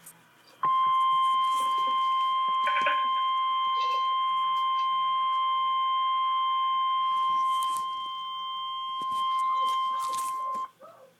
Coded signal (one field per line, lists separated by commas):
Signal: Emergency Alert System (SAME) tones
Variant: 1050 Hz attention tone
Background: speech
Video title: REAL EAS 317-Severe thunderstorm warning